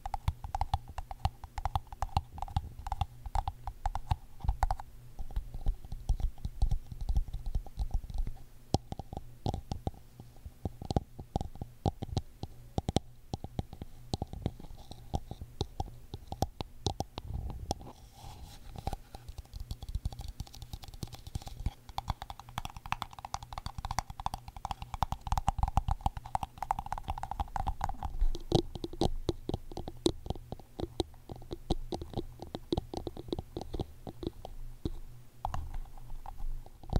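Rapid, dense ASMR tapping clicks continuously throughout, with a low rumbling undertone and a brighter ringing tone swelling around the middle.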